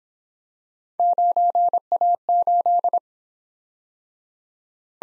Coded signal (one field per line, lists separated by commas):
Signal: Morse code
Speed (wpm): 26 wpm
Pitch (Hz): 700 Hz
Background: none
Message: 9A8